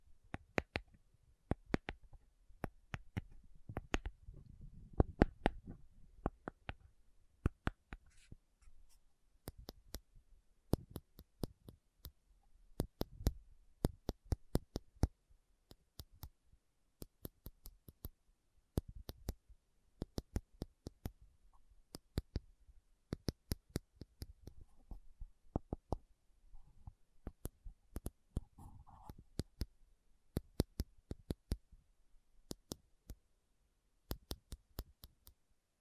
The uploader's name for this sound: Slow Tapping Metal Sounds